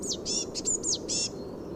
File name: Cyanistes caeruleus